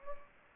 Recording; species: mosquito wingbeat signal from an infrared sensor; Anopheles gambiae